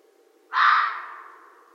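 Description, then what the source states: Red fox uttering one abrupt, hoarse bark that tapers off gradually in otherwise quiet surroundings. Recorded 13 January 2012.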